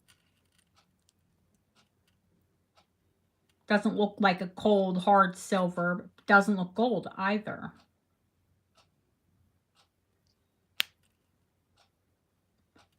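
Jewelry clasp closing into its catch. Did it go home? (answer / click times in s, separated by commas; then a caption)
yes / 10.8 s. A clasp on an antique metal piece of jewelry is closed by hand into its catch. Someone talks from about 3.7 to 7.8 seconds, then after a quiet pause a single sharp snap sounds at 10.8 seconds as the clasp seats shut.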